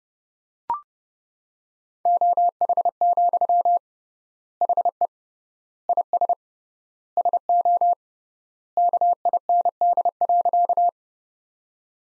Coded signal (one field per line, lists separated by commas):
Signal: Morse code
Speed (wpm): 31 wpm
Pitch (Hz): 700 Hz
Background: none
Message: OH, HE IS SO KIND.